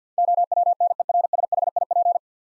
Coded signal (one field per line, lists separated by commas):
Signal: Morse code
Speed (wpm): 47 wpm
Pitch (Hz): 700 Hz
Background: none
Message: OWNERSHIP